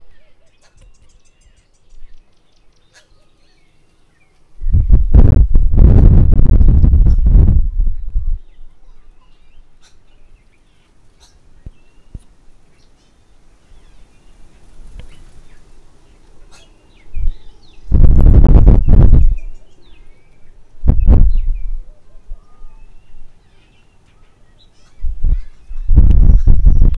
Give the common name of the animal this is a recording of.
Green Woodhoopoe